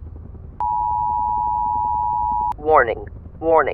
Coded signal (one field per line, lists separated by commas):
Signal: Emergency Alert System (SAME) tones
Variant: 853 and 960 Hz attention tone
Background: speech